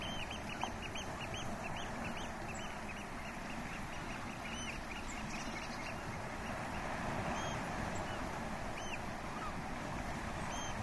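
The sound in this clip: Oystercatcher piping calls, arched high notes repeated in quick irregular bursts over a steady low rumble.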